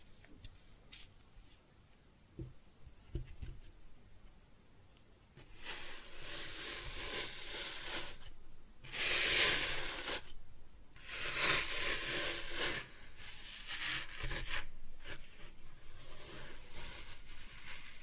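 Kinetic sand is cut and scooped, starting with quiet, sparse crumbly taps and soft scrapes for about five seconds. After that the sound thickens into dense, gritty rasping and rubbing, with louder bright bursts near 9 and 11 seconds, then steady scraping to the end.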